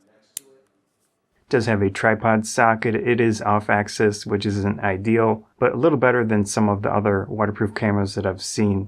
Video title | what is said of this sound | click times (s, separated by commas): Fujifilm FinePix XP120 Hands-On and Opinion | You get a nice click when you lock it back in. | 0.4 s